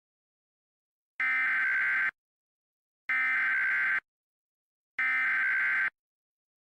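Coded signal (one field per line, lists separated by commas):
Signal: Emergency Alert System (SAME) tones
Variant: header bursts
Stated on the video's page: Simulated EAS alert for a fictional event, using real EAS tones.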